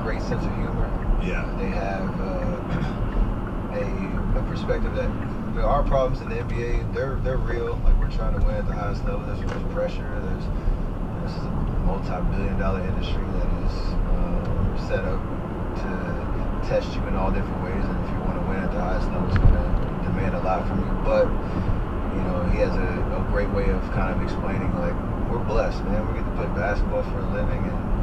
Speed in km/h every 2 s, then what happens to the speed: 60, 55, 45, 39, 42, 45, 60, 64, 69, 74, 77, 77, 74, 71.
0-5 brakes to 39. 6-19 speeds up to 77. 23-28 slows to 71.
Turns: 4-8.